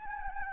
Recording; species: mosquito wingbeat signal from an infrared sensor; Anopheles gambiae